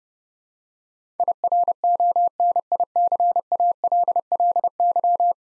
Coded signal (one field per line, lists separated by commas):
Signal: Morse code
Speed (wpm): 32 wpm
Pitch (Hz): 700 Hz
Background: none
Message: IRONICALLY